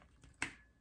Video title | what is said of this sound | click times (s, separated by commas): I Tried Amazon’s #1 Rated Box Hair Color! 😱 John Frieda Precision Foam Review | we heard the click | 0.4 s